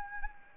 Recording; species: mosquito wingbeat signal from an infrared sensor; Anopheles arabiensis